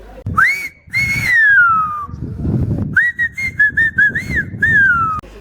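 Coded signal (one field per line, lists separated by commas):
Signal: whistled language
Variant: Silbo Gomero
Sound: loud piercing whistles gliding down, then a series of rising and falling whistled syllables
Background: wind noise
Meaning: A call to his friend Ruperto by his nickname 'Pértiga' (pole)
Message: pértiga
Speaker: aquí Benito también Silva y la otra frase es pértiga a su amigo Ruperto lo llam pér pértiga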